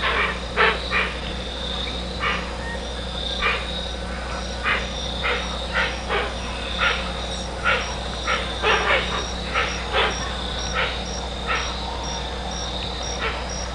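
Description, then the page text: Hoatzin giving harsh, wheezy rasping calls in irregular bursts, some doubled, continuing throughout over a steady low hum. "Гоацин - Hoatzin (Opisthocomus hoazin)"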